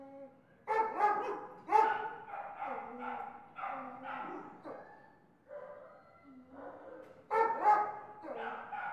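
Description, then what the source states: Dogs barking, sharp barks mixed with lower whining tones and brief lulls. Kennel ambience with dogs.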